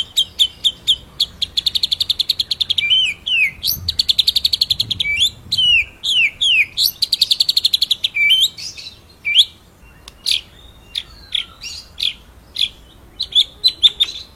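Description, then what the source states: White-rumped shama song: long, varied run of rapid rattling trills mixed with sharp slurred whistles, later breaking into separate short chips and notes. Masteran recording used to train songbirds; full rolling ('ngerol') song in 'nembak' style.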